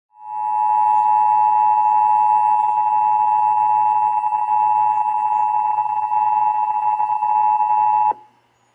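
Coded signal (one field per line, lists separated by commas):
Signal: Emergency Alert System (SAME) tones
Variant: 853 and 960 Hz attention tone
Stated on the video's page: Texas Required Monthly Test EAS tones as aired on radio and TV stations WBAP, KDMX, KHKS, KSCS, KTVT, KTXA and KXAS.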